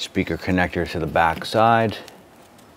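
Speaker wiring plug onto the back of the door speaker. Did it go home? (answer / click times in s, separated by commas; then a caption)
no / none. A speaker wiring plug is handled at the back of a door speaker mounted in the door trim of a 2008–2012 Honda Accord during a driver's side door handle replacement, while someone talks. Nothing has seated or clicked yet.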